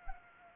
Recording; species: mosquito wingbeat signal from an infrared sensor; Anopheles arabiensis